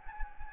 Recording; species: mosquito wingbeat signal from an infrared sensor; Anopheles gambiae